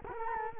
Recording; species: mosquito wingbeat signal from an infrared sensor; Culex quinquefasciatus